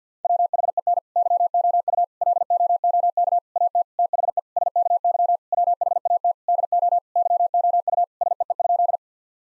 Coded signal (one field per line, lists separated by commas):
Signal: Morse code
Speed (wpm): 50 wpm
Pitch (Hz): 700 Hz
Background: none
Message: WHEN YOU LOOK AT THE SKY WHAT DO YOU SEE?